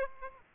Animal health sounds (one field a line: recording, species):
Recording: mosquito wingbeat signal from an infrared sensor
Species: Aedes aegypti